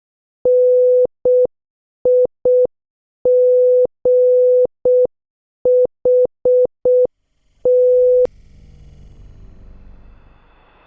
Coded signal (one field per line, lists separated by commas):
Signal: Morse code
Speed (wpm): 6 wpm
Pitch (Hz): 500 Hz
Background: none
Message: NIGHT